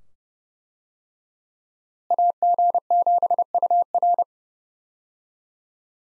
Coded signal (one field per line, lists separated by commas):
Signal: Morse code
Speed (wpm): 32 wpm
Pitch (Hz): 700 Hz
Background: none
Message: AG7UR